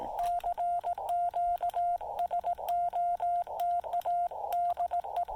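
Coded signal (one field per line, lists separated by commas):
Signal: Morse code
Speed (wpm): 17 wpm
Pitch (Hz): 700 Hz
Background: radio noise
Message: CQ SOTA DE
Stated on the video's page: SOTA summit activation using a Yaesu FT-817 at 2.5 watts QRP into a CHA MPAS Lite antenna.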